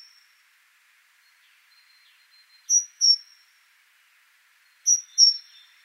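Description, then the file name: Great tit calling with paired high, sharp notes, two doublets about two seconds apart after a quiet opening, over a soft high background hum. "Parus major"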